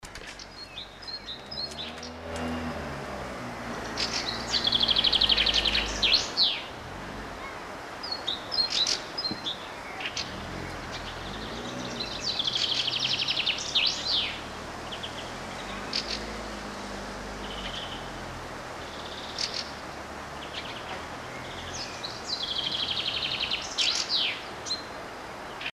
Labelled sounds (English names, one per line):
Common Chaffinch song
Great Tit
European Greenfinch